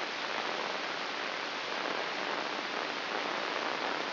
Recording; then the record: brain microelectrode recording played as sound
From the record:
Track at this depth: inside the subthalamic nucleus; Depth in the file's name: 4.018 mm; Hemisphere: left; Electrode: 2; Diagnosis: Parkinson's disease